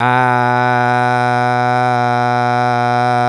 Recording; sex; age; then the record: sustained vowel /a/; male; 40 to 49 years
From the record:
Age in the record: 45 years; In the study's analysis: included